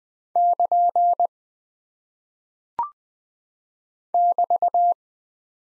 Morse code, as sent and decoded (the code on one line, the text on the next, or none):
-.--. / -...-
<KN> <BT>